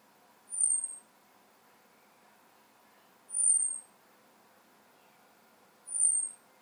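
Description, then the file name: European robin giving three evenly spaced, high, thin, falling whistles, nearly three seconds apart, in an otherwise quiet setting. "Erithacus rubecula"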